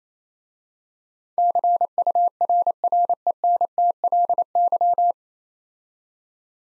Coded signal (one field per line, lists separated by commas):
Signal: Morse code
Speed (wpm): 28 wpm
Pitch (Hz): 700 Hz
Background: none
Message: CURRENTLY